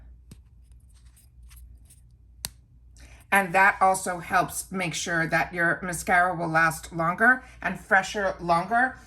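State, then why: Seated. A mascara cap is screwed or pushed onto its plastic tube and clicks closed at 2.4 s with a single sharp, loud hit, after a few faint earlier ticks. The cap is confirmed seated with its click closure. Afterward, someone talks.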